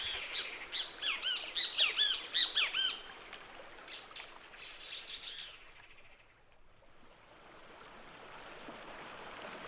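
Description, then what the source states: Great Kiskadee calls, loud harsh repeated notes in a quick series for about three seconds, then fading, with a steady rushing background. Two birds calling their loud 'bien te veo' while building a nest, bringing twigs and filamentous flowers to a fork in a palo mulato tree.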